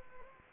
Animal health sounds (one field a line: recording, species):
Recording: mosquito wingbeat signal from an infrared sensor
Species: Anopheles gambiae